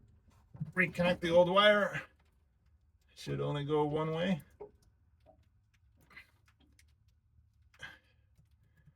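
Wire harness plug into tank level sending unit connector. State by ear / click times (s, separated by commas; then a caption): not seated / none. Someone talks while lining up the old wire's plastic harness plug with the grooves on the tank level sending unit connector so it fits only one way, followed by a few faint, brief handling sounds. Nothing has seated or clicked yet.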